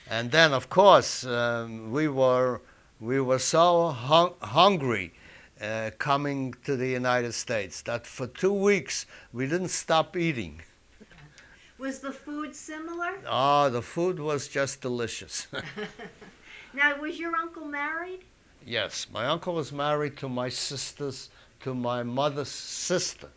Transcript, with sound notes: And then, of course, we were, we were so hungry, uh, coming to the United States, that for two weeks we didn't stop eating.
Was the food similar?
Ah, the food was just delicious. ( they laugh )
Now, was your uncle married?
Yes. My uncle was married to my sister's, to my mother's sister.